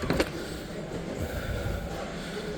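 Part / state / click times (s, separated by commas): plastic attachment latching onto a modular tool storage box / not seated / none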